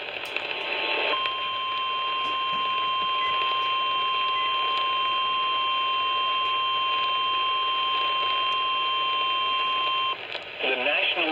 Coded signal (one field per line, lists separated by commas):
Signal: Emergency Alert System (SAME) tones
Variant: 1050 Hz attention tone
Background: speech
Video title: I JUST TO BE A WATCH AND THEN A WARNING… EAS Alerts from 4/15/23 (EAS#180 & #213)